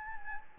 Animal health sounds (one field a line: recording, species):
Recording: mosquito wingbeat signal from an infrared sensor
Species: Anopheles gambiae